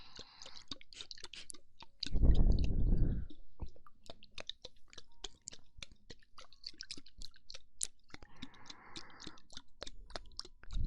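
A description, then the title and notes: Wet ear-eating mouth sounds: a steady run of soft clicks, smacks and crunchy chewing-like snaps, quick and irregular throughout. A louder, rougher rustling burst swells from about two to three seconds, and a fainter hissy patch returns around eight to nine seconds. ASMR Ear Eating Instant Tingles.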